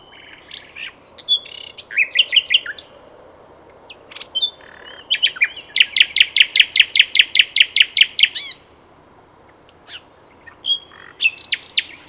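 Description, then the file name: Common nightingale singing: varied warbled notes, then a long fast run of loud repeated clicking notes, a short pause, and further scattered phrases. "Luscinia megarhynchos"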